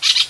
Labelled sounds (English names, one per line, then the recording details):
Brown-throated Parakeet contact call
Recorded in Venezuela
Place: Guárico; Corozopando; Fundo La Fe
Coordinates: 8.506, -67.593